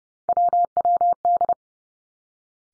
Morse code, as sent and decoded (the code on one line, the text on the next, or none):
.-- .-- -..
WWD